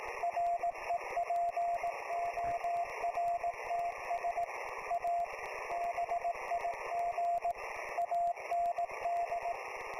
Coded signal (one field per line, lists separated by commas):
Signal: Morse code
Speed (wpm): 18 wpm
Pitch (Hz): 690 Hz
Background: radio noise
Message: REPORTS A BIG AND